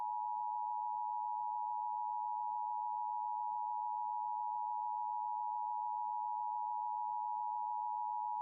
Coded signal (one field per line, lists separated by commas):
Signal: Emergency Alert System (SAME) tones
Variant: 853 and 960 Hz attention tone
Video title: LIVE AM/MW DX: DX Central Live - S. 3, Ep. 17 | Friday, January 27, 2023